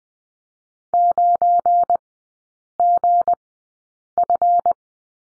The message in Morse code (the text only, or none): 9GF